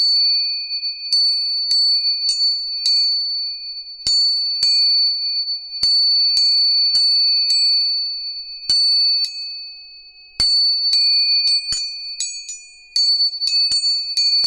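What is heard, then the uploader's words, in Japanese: Three tuning forks ring with steady, pure high tones that hold through the whole recording. Sharp metallic taps strike them again and again, sometimes in quick clusters and sometimes after pauses of a second or two, all heard up close against silence. 音叉チューニング3本。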